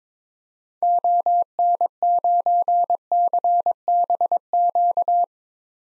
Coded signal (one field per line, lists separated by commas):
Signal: Morse code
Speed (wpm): 22 wpm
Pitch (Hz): 700 Hz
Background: none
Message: ON9CBQ